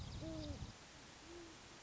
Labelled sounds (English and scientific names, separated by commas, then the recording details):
Great Horned Owl (Bubo virginianus)
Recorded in Sonoma County, California